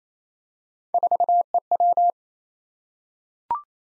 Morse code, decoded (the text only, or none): 4EW